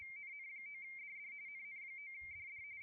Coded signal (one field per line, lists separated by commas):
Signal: RTTY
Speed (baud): 45.45 baud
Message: NN9DD NN9DD